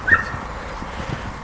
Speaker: That's the cry of a dog.